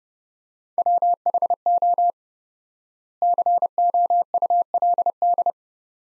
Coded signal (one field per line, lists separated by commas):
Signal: Morse code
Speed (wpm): 32 wpm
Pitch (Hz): 700 Hz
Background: none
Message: WHO COULD